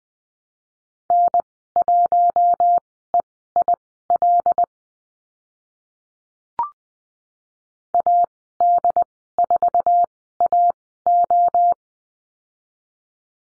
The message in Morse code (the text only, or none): N1EIL AD4AO